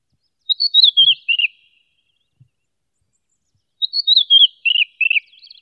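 Red-winged blackbird, two quick chattering phrases of sharp notes sliding downward, separated by a pause of about two seconds.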